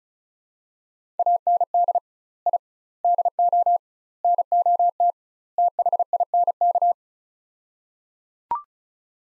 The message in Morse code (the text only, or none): AND I DO NOT THINK